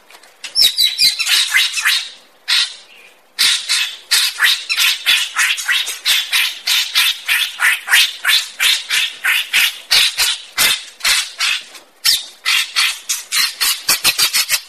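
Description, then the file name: Greater racket-tailed drongo delivering long rapid runs of rasping, chattering notes, about three per second, broken by a couple of short pauses. "tieng cheo beo duoi co hot"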